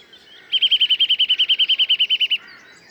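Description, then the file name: Eurasian nuthatch giving a rapid run of many evenly spaced piping notes over nearly two seconds, steady in pitch. "Sitta europaea"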